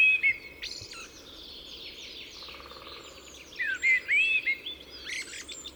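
Common blackbird with a loud whistled note at the start and a run of fluty phrases near the end, with softer high twittering between.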